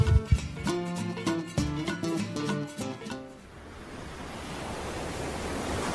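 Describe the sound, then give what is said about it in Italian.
A few seconds of tonal music give way to a steady, broad hiss of ocean surf, the waves rushing and washing continuously with no voices. “Guarda quelle onde”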